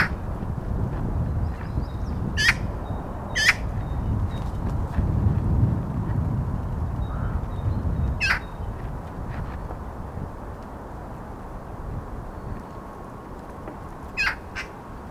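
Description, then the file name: Eurasian magpie giving a few scattered harsh, scratchy chack notes with long gaps, against a constant low background rumble. "Pica pica"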